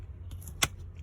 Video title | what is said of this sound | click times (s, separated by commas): How to replace Acura TL rear seat clip | boom you hear that snap that bad boy ain't going nowhere | 0.6 s